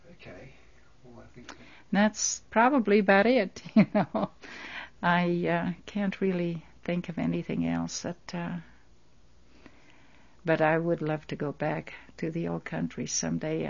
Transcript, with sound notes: Okay. Well, I think we--
And that's probably about it, you know. (She laughs.) I can't really think of anything else that, uh, but I would love to go back to the old country some day.